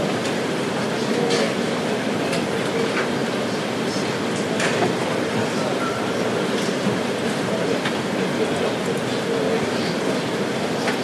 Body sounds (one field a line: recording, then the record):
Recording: background sound without coughing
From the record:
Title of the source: Office Sounds Ambience - Background Noise for Study and Work